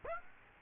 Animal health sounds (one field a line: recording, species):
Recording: mosquito wingbeat signal from an infrared sensor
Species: Aedes aegypti